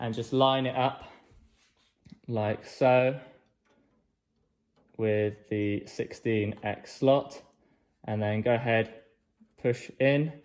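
A graphics card is held and lined up with the x16 PCIe slot on a motherboard, ready to be pushed in, while someone talks. A faint tick is heard at about 2.1 s between the talking. Nothing has seated or clicked yet.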